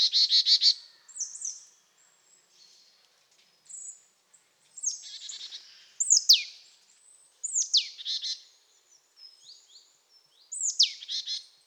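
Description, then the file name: Marsh Tit calls: repeated bursts of buzzy, nasal notes and sharp down-slurred whistles, given every second or two in lively series. "Poecile palustris"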